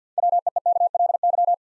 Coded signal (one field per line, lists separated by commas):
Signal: Morse code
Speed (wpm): 50 wpm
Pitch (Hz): 700 Hz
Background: none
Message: WEEKLY